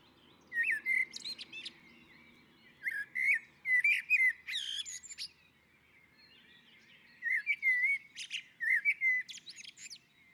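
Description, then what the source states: Common blackbird singing fluted, slurred whistles broken by thin high twittering notes, several phrases with a longer lull midway, over a faint low background hum. On the roof.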